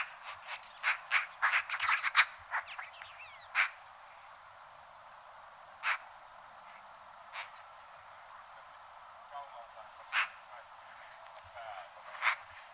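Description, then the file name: Eurasian magpie making harsh chattering chacks, a fast rattling run at first, then widely spaced single rasping notes. "Pica pica"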